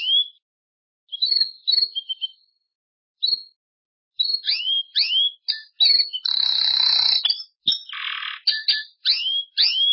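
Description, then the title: Belgian canary song with sweeping whistled notes, quick downslurs and two harsh buzzy rolls in the middle, in lively phrases with a few short pauses. "Canario Belga"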